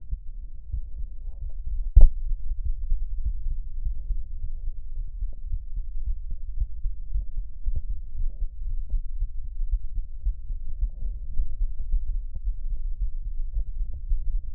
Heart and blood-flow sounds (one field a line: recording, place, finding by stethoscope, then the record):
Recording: heart sounds by stethoscope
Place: mitral valve (MV)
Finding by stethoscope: normal heart sounds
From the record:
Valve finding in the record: normal valve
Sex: male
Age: 20 years